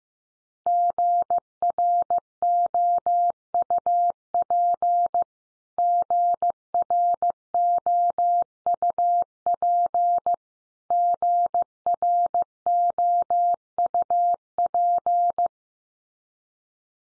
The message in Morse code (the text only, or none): GROUP GROUP GROUP